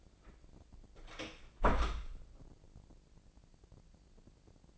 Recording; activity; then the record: daily activity, microphone in the room; close door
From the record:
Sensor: 5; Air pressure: 1012.4 hPa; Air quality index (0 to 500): 159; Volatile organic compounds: 2 ppm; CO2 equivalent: 1082 ppm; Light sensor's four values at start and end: 262/638/268/294 and 256/622/261/287